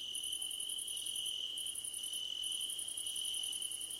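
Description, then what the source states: Night crickets with rapid rhythmic chirp trains pausing now and then, over an unbroken high-pitched trill and fainter intermittent tones. Crickets chirping at night under a starlit sky, nighttime ambience.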